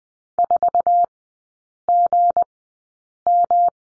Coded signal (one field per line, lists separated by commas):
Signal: Morse code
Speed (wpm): 20 wpm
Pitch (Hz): 700 Hz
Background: none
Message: 4GM